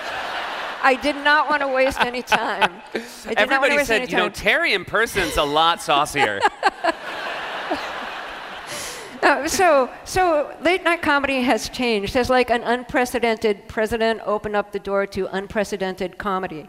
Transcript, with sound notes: I did not want to waste any time.
Everybody said, you know, Terry in person is a lot saucier.
(LAUGHTER)
So late-night comedy has changed. Has, like, an unprecedented president opened up the door to unprecedented comedy?